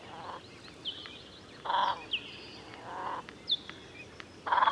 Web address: chant xeno-canto grebe huppe